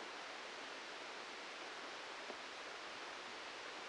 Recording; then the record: brain microelectrode recording played as sound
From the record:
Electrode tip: outside the subthalamic nucleus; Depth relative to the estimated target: 2 mm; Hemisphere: left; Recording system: NeuroSet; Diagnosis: Parkinson's disease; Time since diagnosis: 13 years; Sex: male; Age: 63 years